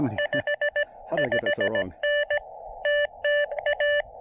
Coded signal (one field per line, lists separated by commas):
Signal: Morse code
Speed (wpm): 18 wpm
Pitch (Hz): 590 Hz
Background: speech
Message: 55N TTA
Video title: Testing a new knee board and wire antenna during a beautiful SOTA activation on Mount Mitchell!